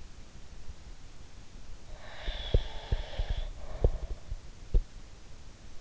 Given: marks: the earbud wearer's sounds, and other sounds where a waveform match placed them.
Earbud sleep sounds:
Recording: sounds in sleep by an in-ear microphone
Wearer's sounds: breath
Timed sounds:
1.88-4.28 s: breath
2.24-4.84 s: sound from someone else or the room

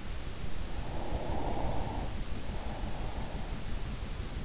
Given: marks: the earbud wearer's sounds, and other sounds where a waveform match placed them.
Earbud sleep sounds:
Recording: sounds in sleep by an in-ear microphone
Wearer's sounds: breath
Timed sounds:
0.76-3.95 s: breath

